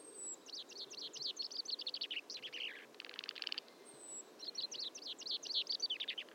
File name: Fringilla coelebs